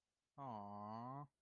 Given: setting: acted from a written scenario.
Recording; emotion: vocal sound without words; adoration